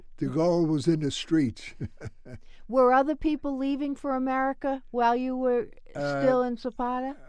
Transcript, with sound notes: The gold was in the streets. [Laughs]
Were other people leaving for America while you were still in Sepadda?